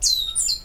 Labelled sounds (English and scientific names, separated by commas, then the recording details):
Stitchbird (Notiomystis cincta) song
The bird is a male
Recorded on Tiritiri Matangi Island, New Zealand, in 2005
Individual 14, of nest box 20